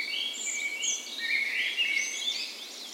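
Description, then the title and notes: Dawn chorus of birds, thin whistles and quick twittering phrases layered together, with one short clear whistle standing out midway. Dawn chorus in a park west in Bergen, Norway, on the spring morning of 17 May, Norway's National Day; Sony PCM A10 recorder with LOM Usi microphones as tree ears. "17th Of May Dawn Chorus. Recorded on the morning of Norways National Day the 17th of May in a park west in Bergen. Spring is in full effect, and the dawn chorus sounds wonderful!"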